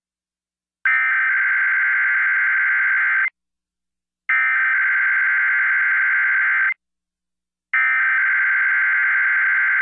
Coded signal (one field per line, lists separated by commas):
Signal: Emergency Alert System (SAME) tones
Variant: header bursts